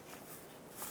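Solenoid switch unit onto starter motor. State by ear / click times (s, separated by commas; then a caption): not seated / none. The electrical sensor/switch (solenoid) unit is lined up and pressed onto a new starter motor for a 2006-2013 Chevrolet Impala. Only faint, steady handling noise is heard, with no sharp hit. Nothing has seated or clicked yet.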